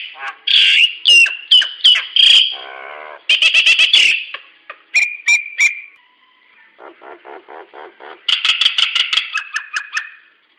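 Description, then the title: Nias hill myna squawks: harsh metallic calls in quick bursts, then a low rattling series and a fast run of shrill notes near the end. "Burung jalak nias"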